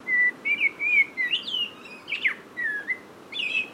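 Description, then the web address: Blackbird giving fluted whistled phrases, slurring up and down with a sharp downward note, over a soft steady hiss. "Sound Effects-Foundation 1 BIRD BLACKBIRD CALL"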